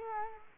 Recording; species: mosquito wingbeat signal from an infrared sensor; Culex quinquefasciatus